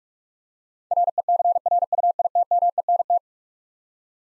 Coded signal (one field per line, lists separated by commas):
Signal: Morse code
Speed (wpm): 45 wpm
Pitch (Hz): 700 Hz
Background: none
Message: RECRUITMENT